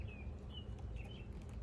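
A plastic clip is being put onto a shade umbrella pole while it is handled, but nothing has seated or clicked yet. Steady low rumble fills the clip, with faint high chirp-like tones and a couple of soft ticks near 1.4 and 1.6 seconds.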